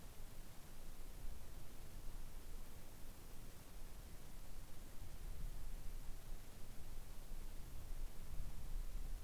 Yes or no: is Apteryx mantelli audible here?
no